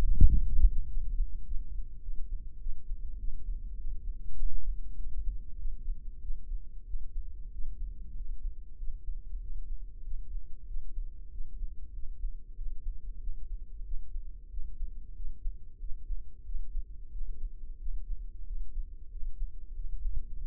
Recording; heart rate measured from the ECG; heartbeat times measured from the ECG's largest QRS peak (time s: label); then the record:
heart sounds by microphone in the left ear; 96 bpm
0.32 s: heartbeat
0.90 s: heartbeat
1.47 s: heartbeat
2.04 s: heartbeat
2.62 s: heartbeat
3.21 s: heartbeat
3.80 s: heartbeat
4.40 s: heartbeat
4.99 s: heartbeat
5.61 s: heartbeat
6.24 s: heartbeat
6.89 s: heartbeat
7.54 s: heartbeat
8.18 s: heartbeat
8.81 s: heartbeat
9.43 s: heartbeat
10.06 s: heartbeat
10.70 s: heartbeat
11.33 s: heartbeat
11.96 s: heartbeat
12.59 s: heartbeat
13.23 s: heartbeat
13.87 s: heartbeat
14.53 s: heartbeat
15.18 s: heartbeat
15.82 s: heartbeat
16.47 s: heartbeat
17.14 s: heartbeat
17.82 s: heartbeat
18.48 s: heartbeat
19.13 s: heartbeat
19.77 s: heartbeat
20.42 s: heartbeat
From the record:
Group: healthy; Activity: rest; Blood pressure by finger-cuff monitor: 139/75 mmHg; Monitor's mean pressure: 93 mmHg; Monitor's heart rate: 95 bpm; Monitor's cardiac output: 8.3 L/min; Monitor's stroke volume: 86 mL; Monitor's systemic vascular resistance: 850 dyn s/cm5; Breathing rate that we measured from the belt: 16 breaths a minute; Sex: male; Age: 21 years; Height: 175 cm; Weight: 72.6 kg